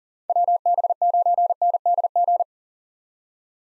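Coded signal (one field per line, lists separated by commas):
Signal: Morse code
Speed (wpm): 40 wpm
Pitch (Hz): 700 Hz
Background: none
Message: WB9NDG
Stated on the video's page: Morse practice at 40 wpm: common POTA hunter call signs, each sent, spoken, then sent again for head-copy.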